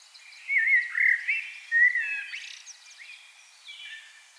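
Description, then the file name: Common blackbird singing a single phrase of rich fluty notes that breaks into a rapid high twittering flourish, then fades into quieter twitters. "Turdus merula"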